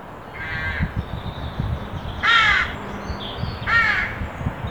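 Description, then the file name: Carrion crow giving three harsh caws, with low knocking noises underneath. "Corvus corone"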